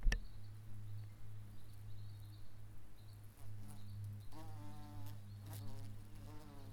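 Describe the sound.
Bee buzzing, a low steady drone throughout, joined by a wavering higher buzz near the end.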